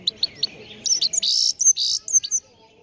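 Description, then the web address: Chegolín song: a brief run of high chips followed by buzzy, scratchy twittered notes. Morning song, on the roof of a house. "el canto matutino del chegolin en el tejado de casa"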